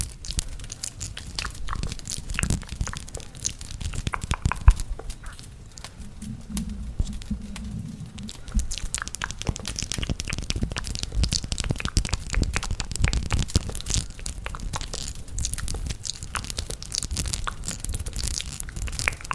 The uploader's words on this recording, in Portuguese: ASMR SONS DE BOCA super intensos com SONS DE LAREIRA.